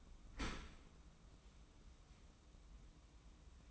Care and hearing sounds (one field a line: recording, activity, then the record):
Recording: daily activity, microphone in the room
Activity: open dishwasher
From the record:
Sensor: 1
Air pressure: 994.4 hPa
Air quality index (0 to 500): 215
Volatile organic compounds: 1000 ppm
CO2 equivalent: 7738 ppm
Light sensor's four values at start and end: 137/316/141/156 and 138/320/143/158